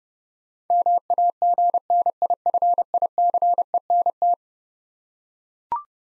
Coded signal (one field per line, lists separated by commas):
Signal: Morse code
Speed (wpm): 30 wpm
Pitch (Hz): 700 Hz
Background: none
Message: MAGNIFICENT